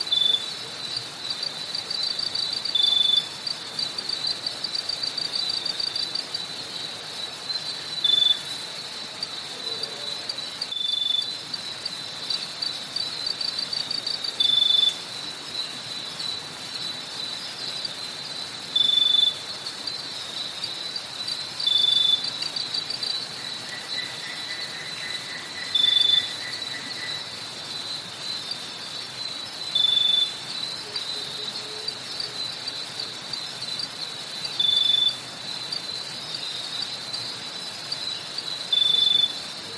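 Cicadas in a rice paddy keep up a dense, steady high-pitched buzz throughout, with short bright chirps repeating every few seconds. Midway a thin trill rises above the drone for several seconds, and a couple of faint low calls sound.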